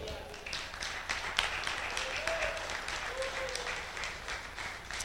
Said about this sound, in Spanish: Este es el Señor Jesucristo que está presente en esta noche aquí en tu corazón. Dale un aplauso.